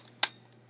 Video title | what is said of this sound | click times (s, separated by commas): MattyCollector Club Lion Force RED LION and LANCE | like that you'll hear it click | 0.2 s